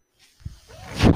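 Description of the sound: Quiet lead-in, then a rising low rumble and airy whoosh: a home mechanical ventilator delivering a breath.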